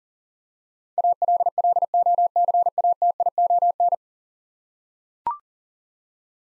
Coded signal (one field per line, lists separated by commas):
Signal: Morse code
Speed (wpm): 37 wpm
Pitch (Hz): 700 Hz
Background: none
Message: ALLOCATION